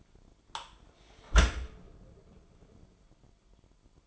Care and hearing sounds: daily activity, microphone in the room; close dishwasher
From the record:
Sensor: 5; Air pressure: 998.4 hPa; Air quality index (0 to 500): 80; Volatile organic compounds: 1 ppm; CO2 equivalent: 908 ppm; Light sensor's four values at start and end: 23/54/22/25 and 23/53/22/25

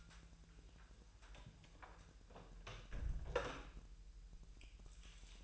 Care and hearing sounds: daily activity, microphone in the room; close door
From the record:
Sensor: 2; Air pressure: 1001.2 hPa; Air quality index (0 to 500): 247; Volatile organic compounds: 84 ppm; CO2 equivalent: 3642 ppm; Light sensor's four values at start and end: 10/24/10/10 and 10/23/10/10

